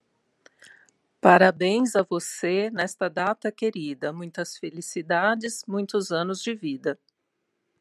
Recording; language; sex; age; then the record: short text; Brazilian Portuguese; female; 50 to 59 years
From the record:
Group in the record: control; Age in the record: 56 years